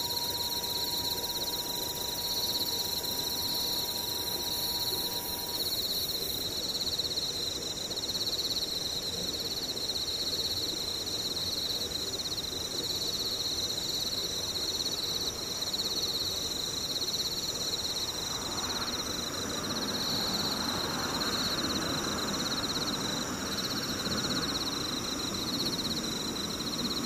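Insects buzz and trill steadily throughout, with a bright, unbroken shrill tone and fainter, higher whining above it. A thin lower tone holds for the first five seconds, then stops. From about eighteen seconds a rougher, rushing noise swells underneath and continues to the end.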